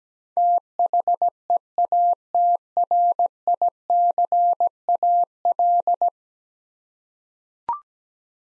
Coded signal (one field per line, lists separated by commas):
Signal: Morse code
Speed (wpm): 17 wpm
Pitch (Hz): 700 Hz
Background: none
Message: THEATRICAL